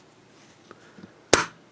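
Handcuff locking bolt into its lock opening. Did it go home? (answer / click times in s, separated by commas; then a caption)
yes / 1.3 s. A 1944 Reuben, Craddock & Sons (R.C.S) metal Darby handcuff from England is pressed closed with some force. After faint small ticks, its locking bolt snaps into its opening with a sharp, bright click at 1.3 s that rings off briefly. The handcuff is then closed.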